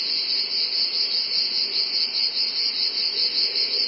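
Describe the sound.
Cicadas droning in a continuous shrill buzz with a faint, rapid pulsing in loudness.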